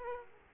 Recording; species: mosquito wingbeat signal from an infrared sensor; Aedes aegypti